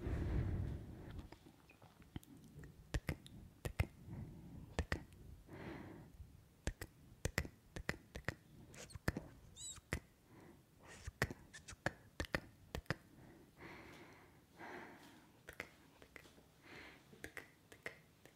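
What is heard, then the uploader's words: Dry mouth clicks and tongue ticks pop irregularly every second or so, between soft breaths and wet kissing sounds. ASMR Mouth Sounds (Kisses, Sk, Tk, Mouth Clicking, Breathing).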